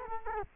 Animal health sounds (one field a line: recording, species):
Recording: mosquito wingbeat signal from an infrared sensor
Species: Culex quinquefasciatus